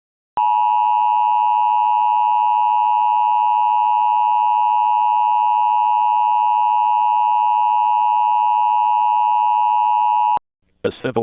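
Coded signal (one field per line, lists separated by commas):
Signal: Emergency Alert System (SAME) tones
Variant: 853 and 960 Hz attention tone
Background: speech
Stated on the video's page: Fictional EAS scenario, a preview of a simulated alert.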